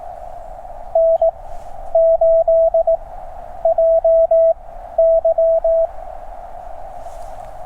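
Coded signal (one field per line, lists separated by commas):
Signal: Morse code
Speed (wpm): 16 wpm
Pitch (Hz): 590 Hz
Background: radio noise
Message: N8JY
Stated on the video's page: Park activation on 40 meters at 5°F with a QCX mini and an end-fed half-wave antenna.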